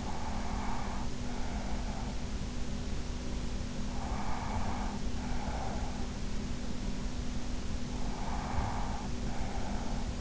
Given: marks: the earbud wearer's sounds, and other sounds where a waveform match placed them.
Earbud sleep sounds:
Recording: sounds in sleep by an in-ear microphone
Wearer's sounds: breath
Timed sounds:
0.00-2.28 s: breath
3.82-6.28 s: breath
8.05-10.21 s: breath

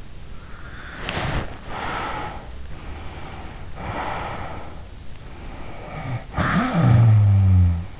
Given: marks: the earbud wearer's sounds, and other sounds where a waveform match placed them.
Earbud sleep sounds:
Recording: sounds in sleep by an in-ear microphone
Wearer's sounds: breath, body movement, snoring breath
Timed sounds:
0.58-2.50 s: breath
1.04-2.20 s: body movement
2.62-4.94 s: breath
5.16-7.97 s: snoring breath

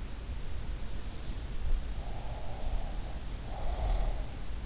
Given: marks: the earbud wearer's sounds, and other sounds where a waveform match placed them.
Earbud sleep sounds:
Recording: sounds in sleep by an in-ear microphone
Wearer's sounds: breath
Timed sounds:
2.13-4.34 s: breath

